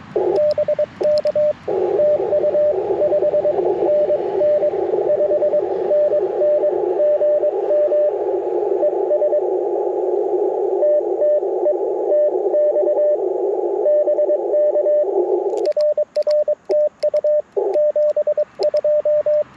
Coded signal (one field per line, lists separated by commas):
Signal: Morse code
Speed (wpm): 21 wpm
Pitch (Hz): 600 Hz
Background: radio noise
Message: BK TU 5NN 5NN GM ES TTE TX BK RR TU 72